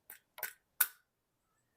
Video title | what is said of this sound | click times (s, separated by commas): Installing Weiser SmartCode Keyless Entry Lock & Handleset | there I heard the the audible click and now that's ready to be inserted into the hole | 0.8 s